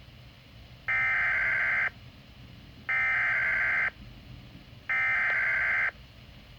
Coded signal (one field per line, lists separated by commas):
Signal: Emergency Alert System (SAME) tones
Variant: header bursts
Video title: Environment Canada - EAS #3: Severe Thunderstorm Warning 21/05/22